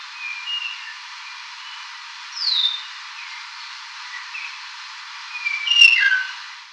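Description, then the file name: Red-tailed palm thrush song: scattered clear whistled phrases, some sliding down, ending in a louder cluster of rich warbled notes, over faint steady hiss. Recorded in Kinshasa at 2 am. "redtailed palm thrush 12 a Kinshasa"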